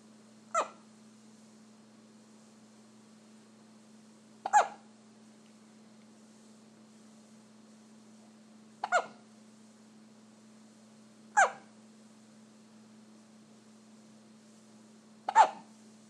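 Five short, sharp hiccup bursts, about fifteen a minute and slightly irregular, from a dog named Olivia, over a steady low hum.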